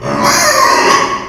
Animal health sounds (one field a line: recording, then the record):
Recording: squeal of a Yucatan mini pig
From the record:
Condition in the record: before surgery on the right vocal fold (resection and tissue-engineered implant)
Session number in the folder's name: 2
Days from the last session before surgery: 0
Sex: male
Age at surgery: 12 weeks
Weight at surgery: 13 kg